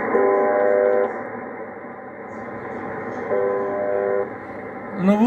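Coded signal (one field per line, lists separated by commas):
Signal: channel marker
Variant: UVB-76 (The Buzzer)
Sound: two harsh, low, horn-like buzzes about a second each, separated by hissing static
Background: radio static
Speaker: Ну вот он этот бузер которые ещё знают как увб 76 частота 4625 спокойно продолжает свою работу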